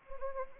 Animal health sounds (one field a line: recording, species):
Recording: mosquito wingbeat signal from an infrared sensor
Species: Anopheles arabiensis